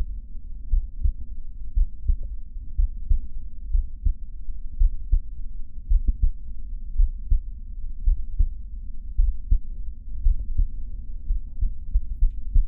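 Adult heart by stethoscope at Botkin's (Erb's) point, patient standing and leaning forward with breath held after exhaling: a high-pitched musical systolic murmur, an atypical auscultatory sign of mitral valve prolapse. With breathing the murmur comes and goes; with breath held on expiration it becomes constant.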